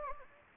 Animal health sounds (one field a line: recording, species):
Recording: mosquito wingbeat signal from an infrared sensor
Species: Anopheles gambiae